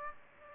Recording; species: mosquito wingbeat signal from an infrared sensor; Aedes aegypti